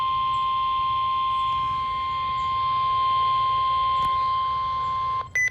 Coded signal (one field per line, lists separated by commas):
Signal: Emergency Alert System (SAME) tones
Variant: 1050 Hz attention tone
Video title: Peaceful Required Weekly Test (EAS#525)